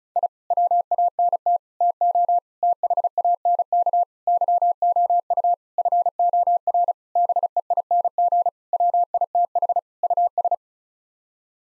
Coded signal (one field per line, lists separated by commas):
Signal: Morse code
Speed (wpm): 36 wpm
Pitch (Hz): 700 Hz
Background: none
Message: I WANT TO THANK YOU FOR BEING WITH US